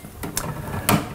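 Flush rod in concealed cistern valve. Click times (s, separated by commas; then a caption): 0.4 s, 0.9 s. Two plastic flush rods are turned anti-clockwise to remove them from a concealed cistern valve mechanism. A soft tick at 0.2 s is followed by sharp clicks at 0.4 s and 0.9 s as the rods come free and are released.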